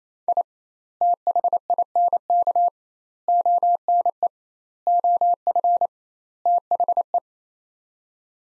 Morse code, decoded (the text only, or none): I THINK ONE OF THE